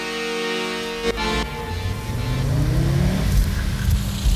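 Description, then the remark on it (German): A car cabin while driving, with a steady low engine rumble and road hum that rises as the vehicle accelerates, a short tonal whine fading early on, no one speaking. “PKW-Innenraum. In Fahrt.”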